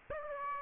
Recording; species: mosquito wingbeat signal from an infrared sensor; Aedes aegypti